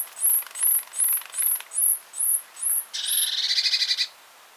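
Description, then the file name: Eurasian blue tit calling: a fast series of seven very high, thin notes, then a buzzy, scolding churr lasting about a second. "Cyanistes caeruleus"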